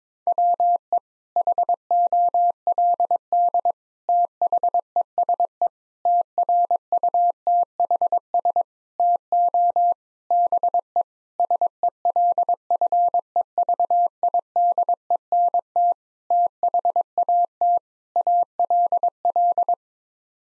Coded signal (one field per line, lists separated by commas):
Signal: Morse code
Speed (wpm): 22 wpm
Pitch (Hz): 700 Hz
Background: none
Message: WE HOLD THESE TRUTHS TO BE SELFEVIDENT THAT ALL